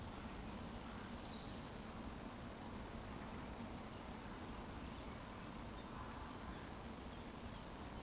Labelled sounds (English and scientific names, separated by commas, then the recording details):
Eurasian Woodcock (Scolopax rusticola) whistle
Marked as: whistle, whistle, whistle
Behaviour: display flight
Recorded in Baden-Württemberg, Germany, on 23 June 2020 at 19:44 UTC
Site 14569, 102 m above sea level